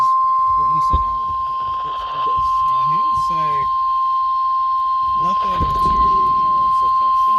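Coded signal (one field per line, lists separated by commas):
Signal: Emergency Alert System (SAME) tones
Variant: 1050 Hz attention tone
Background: speech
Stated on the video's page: Tornado, severe thunderstorm and special marine alerts received on weather radio station KIH28.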